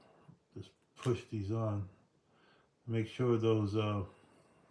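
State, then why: Not seated. A plastic clutch piece is being pushed onto the arm mechanism of a Fanhome R2-D2 model build (pack 22, stages 83–86), with only faint handling sounds under someone talking. Nothing has seated or clicked yet, and the clutch teeth have not snapped in place.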